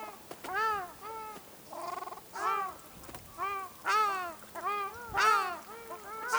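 Ruddy shelduck giving loud nasal honks, arched in pitch, in an irregular series, with a softer buzzy call among them.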